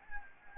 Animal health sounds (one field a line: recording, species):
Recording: mosquito wingbeat signal from an infrared sensor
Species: Anopheles gambiae